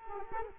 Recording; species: mosquito wingbeat signal from an infrared sensor; Culex quinquefasciatus